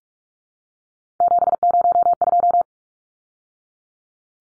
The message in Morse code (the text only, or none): 702